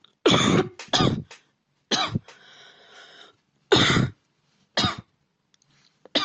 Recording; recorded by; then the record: voluntary cough; messaging app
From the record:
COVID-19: negative